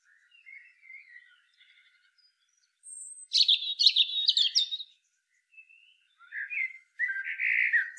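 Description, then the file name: European robin song, thin high warbled phrases sliding between low and very high pitches, separated by short pauses, with a loud tinkling burst midway. "Erithacus rubecula"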